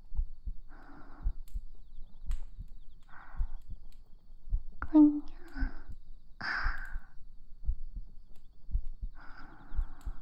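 Steady paired heart thumps, about 57 a minute, with soft breathing and rustling; a slow, regular heartbeat.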